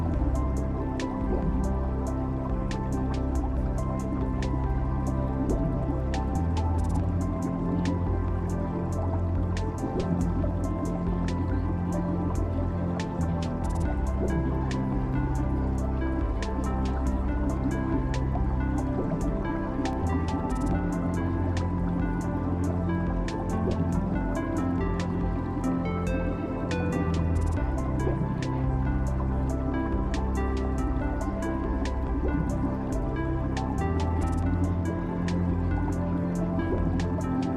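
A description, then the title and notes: Aquarium ambience: a steady pump hum with a low drone runs unchanged for the whole clip. Over it, constant bubbling and dripping brings many small, quick splashes and ticks at an irregular but dense pace, with no pauses or big events. Aquarium ambience. Water bubbles.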